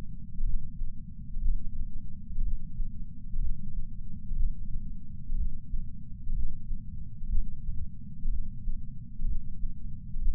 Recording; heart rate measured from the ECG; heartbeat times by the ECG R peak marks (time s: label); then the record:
heart sounds by patch sensor on the chest; 61 bpm
0.44 s: heartbeat
1.40 s: heartbeat
2.41 s: heartbeat
3.39 s: heartbeat
4.35 s: heartbeat
5.35 s: heartbeat
6.33 s: heartbeat
7.28 s: heartbeat
8.28 s: heartbeat
9.25 s: heartbeat
10.20 s: heartbeat
From the record:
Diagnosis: coronary artery disease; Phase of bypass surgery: postoperative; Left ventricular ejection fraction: 68.2%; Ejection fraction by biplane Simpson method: 62.7%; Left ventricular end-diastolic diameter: 48 mm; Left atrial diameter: 40 mm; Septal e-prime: 8.6 cm/s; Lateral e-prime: 10.2 cm/s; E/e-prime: 10.9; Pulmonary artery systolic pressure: 38 mmHg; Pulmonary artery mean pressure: 18 mmHg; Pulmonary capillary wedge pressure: 11 mmHg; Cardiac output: 6.45 L/min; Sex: male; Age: 57 years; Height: 175 cm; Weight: 80 kg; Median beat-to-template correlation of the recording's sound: 0.76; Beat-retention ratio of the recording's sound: 0.99